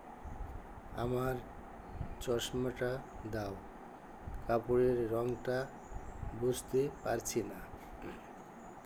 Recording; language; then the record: elicited speech; Bengali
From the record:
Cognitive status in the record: dementia